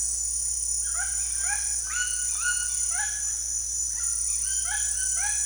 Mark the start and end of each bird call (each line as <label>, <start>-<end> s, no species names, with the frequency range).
bird call (0.5-4.5 kHz), 0.78-3.25 s
bird call (0.4-4.3 kHz), 3.86-5.45 s